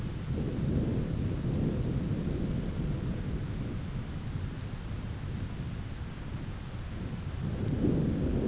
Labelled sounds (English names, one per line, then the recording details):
none
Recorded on Arctic tundra, site ZACK-1, on 9 June 2019
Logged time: 17:49